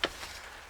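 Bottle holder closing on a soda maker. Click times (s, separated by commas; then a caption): 0.0 s. A glass bottle sits in the bottle holder of a SodaStream Crystal 3.0 soda maker as the holder is closed and locked. A single sharp click at 0.0 s marks the holder seating and locking shut, followed by faint low background noise.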